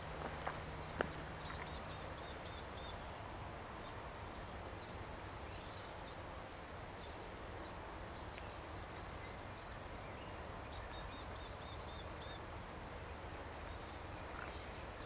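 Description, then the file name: Eurasian nuthatch uttering bursts of sharp, high-pitched notes repeated rapidly, with scattered single notes between, over a quiet background. "Sitta europaea"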